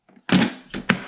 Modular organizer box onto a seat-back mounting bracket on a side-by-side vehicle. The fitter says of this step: it on there slide on locks in place